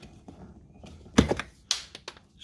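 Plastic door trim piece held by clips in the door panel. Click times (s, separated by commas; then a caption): 1.7 s. A small plastic trim piece on the door of a 2016 Mazda 6 is pulled by hand during a blown speaker repair, with scraping and knocking around 1.2 to 1.4 s. It pops off its little white retaining clips in a sharp snap at 1.7 s, followed by a few lighter clicks. The piece comes off easily and one clip falls off.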